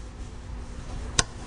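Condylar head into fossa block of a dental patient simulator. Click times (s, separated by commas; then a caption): 1.2 s. The condylar head of a dental patient simulator's jaw articulation is lined up with the fossa block and snaps into place, with a single sharp click at 1.2 s over a low background hum. The condylar head is seated in the fossa block.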